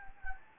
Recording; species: mosquito wingbeat signal from an infrared sensor; Anopheles gambiae